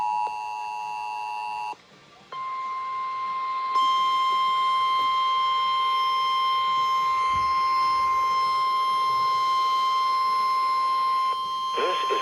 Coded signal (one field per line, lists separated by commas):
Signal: Emergency Alert System (SAME) tones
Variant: 853 and 960 Hz attention tone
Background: speech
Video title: [EAS #3232-#3241] 2025 Tsunami Communications Drill (3/26/25)